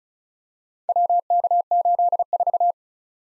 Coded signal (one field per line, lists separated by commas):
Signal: Morse code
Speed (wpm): 36 wpm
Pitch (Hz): 700 Hz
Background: none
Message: WK84